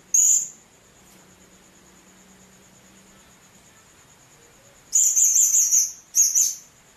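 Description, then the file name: Hanging parrot calls: a single short, high squeak, a long pause, then two buzzy twittering bursts, with a faint steady whine throughout. "serindit"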